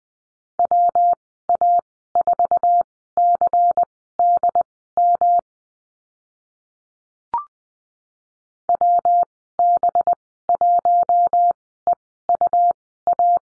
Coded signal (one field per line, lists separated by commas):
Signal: Morse code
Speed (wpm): 20 wpm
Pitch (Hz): 700 Hz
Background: none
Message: WA4CDM WB1EUA